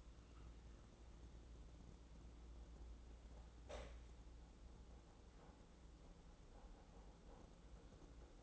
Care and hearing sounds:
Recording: daily activity, microphone in the room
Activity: make coffee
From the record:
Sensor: 3

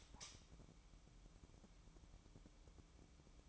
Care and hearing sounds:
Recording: daily activity, microphone in the room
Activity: light on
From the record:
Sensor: 1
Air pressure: 1007.9 hPa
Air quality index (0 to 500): 125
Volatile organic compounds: 2 ppm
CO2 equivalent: 1053 ppm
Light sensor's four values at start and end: 10/24/10/11 and 14/39/15/17

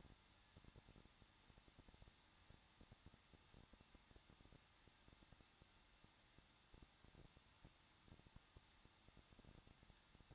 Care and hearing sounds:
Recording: daily activity, microphone in the room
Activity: no activity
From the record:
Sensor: 3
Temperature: 21.2 degrees Celsius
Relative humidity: 36.3%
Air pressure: 1006.3 hPa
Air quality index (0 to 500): 222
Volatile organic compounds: 42 ppm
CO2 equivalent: 3177 ppm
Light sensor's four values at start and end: 2/3/2/2 and 2/3/2/2

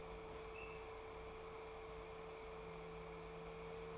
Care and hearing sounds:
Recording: daily activity, microphone in the room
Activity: open fridge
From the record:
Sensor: 1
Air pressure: 1015.0 hPa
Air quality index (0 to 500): 193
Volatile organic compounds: 21 ppm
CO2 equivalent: 2732 ppm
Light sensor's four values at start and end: 10/23/9/10 and 10/23/9/10

